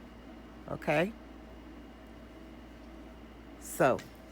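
After its gaskets were replaced, a Magnetic Mighty Hoop's magnetic top frame is handled over a shirt, about to close onto the embroidery hoop base. Someone talks briefly near 0.7–1.1 s and 3.7–4.0 s over a steady low background hum. The frame has not snapped shut yet, and nothing has seated or clicked.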